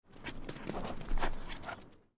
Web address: SFXBible donkey-sound-effects animals-donkey-run-around